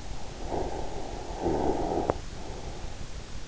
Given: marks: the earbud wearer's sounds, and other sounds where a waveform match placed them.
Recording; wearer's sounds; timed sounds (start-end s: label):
sounds in sleep by an in-ear microphone; snoring breath
0.42-3.00 s: snoring breath